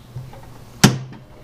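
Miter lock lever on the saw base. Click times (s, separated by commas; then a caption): 0.8 s. The miter lock lever on the base of a DeWALT DW715 12-inch single bevel miter saw is pushed down to lock the table at an angle, around 21 degrees, over a faint low hum. A single sharp clack at 0.8 s shows the lever has seated and the table is locked, followed by a much fainter tick at 1.1 s.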